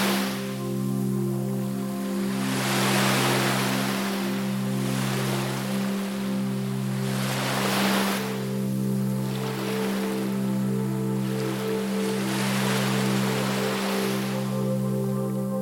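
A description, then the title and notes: Ocean waves wash in and out over soft music, each surge a bright hiss that swells and recedes every two to three seconds. Beneath them a low, steady drone of held tones pulses gently about every two seconds, keeping an even loudness throughout. Sleep Music and Ocean Waves. Soothing music and waves combine.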